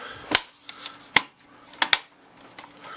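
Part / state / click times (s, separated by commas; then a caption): plastic front face plate into desktop computer case / seated / 1.2 s, 1.8 s, 1.9 s. A plastic front face plate is pressed back onto a desktop computer case after a Blu-ray drive is installed. Sharp plastic snaps ring out at 1.2, 1.8 and 1.9 seconds as its clips engage, and the plate is seated in the case.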